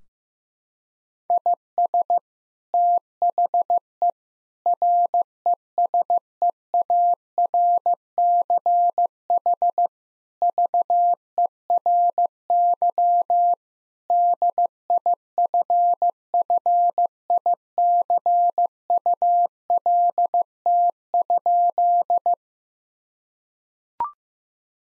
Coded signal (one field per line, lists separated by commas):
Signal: Morse code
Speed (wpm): 15 wpm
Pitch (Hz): 700 Hz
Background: none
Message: IS THE RESEARCH VERY DIFFICULT?